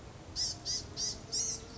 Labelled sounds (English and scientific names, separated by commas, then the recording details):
Blue-gray Gnatcatcher (Polioptila caerulea)
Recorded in Sonoma County, California